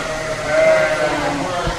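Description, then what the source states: Sheep bleat, a short steady tonal cry over loud, steady barn background noise. Sheep in a large open-ended barn at the UC Research and Extension Center about 8 miles east of Hopland, during sheep shearing time with student shearers learning.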